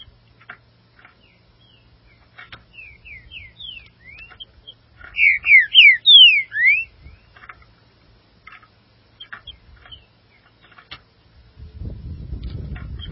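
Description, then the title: Green-winged saltator: a short run of soft whistles, then a louder phrase of several swooping notes, with faint clicks throughout and a low rumbling noise at the end. "Trinca Ferro"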